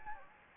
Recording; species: mosquito wingbeat signal from an infrared sensor; Anopheles gambiae